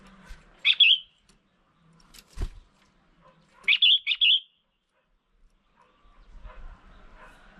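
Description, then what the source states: Red-whiskered bulbul calling, a short chirp and then a rapid run of three bright warbled notes, with a sharp click between and soft background noise. Female bird.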